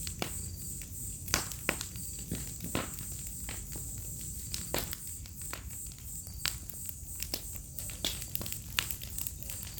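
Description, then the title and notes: Crickets chirping in a steady high chorus, with frequent sharp pops and crackles from a burning fire. Crickets chorusing on an autumn night beside a crackling bonfire, in a village within the Mata Atlântica rainforest. "Fogueira, grilos e estalar do fogo. Ouça ao estalar do fogo e uma sinfonia de grilos em uma noite de outono. Vila em meio a Mata Atlântica"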